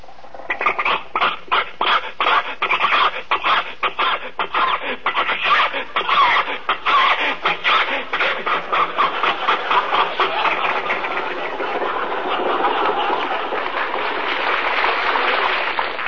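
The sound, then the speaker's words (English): The engine of Jack Benny's old car sputters and wheezes in rapid, uneven coughing bursts as Rochester gives it more gas to climb a hill on the way to Pasadena. It is loud and continuous for about sixteen seconds and gradually smooths into a steadier strained chug toward the end, with no talking. “think your car will make this hill, Jack? Sure. Rochester, give it a little more gas.”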